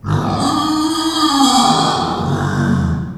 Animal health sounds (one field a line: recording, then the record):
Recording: squeal of a Yucatan mini pig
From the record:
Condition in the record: after surgery on the right vocal fold (resection and tissue-engineered implant)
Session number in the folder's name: 16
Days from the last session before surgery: 183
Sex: female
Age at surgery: 19 weeks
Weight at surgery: 25 kg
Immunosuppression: prednisolone